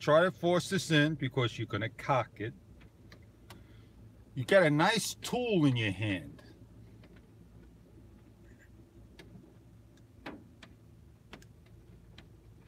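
A bearing or pin is being worked with a tool into the aluminum or plastic wheel hub of a WLtoys A959B 1:18 RC car. Someone talks over the first six seconds, followed by quieter handling with faint short ticks at about 3.1, 3.5, 10.3, 10.6, 11.3 and 12.2 seconds. Nothing has seated or snapped into place yet.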